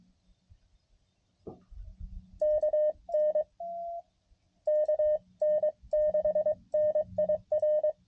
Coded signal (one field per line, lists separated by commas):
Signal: Morse code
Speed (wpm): 22 wpm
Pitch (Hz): 620 Hz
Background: radio noise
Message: KN KN6NIR